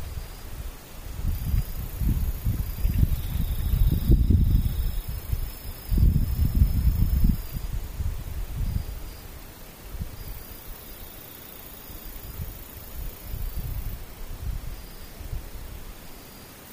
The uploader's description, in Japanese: 無音遠くにムシ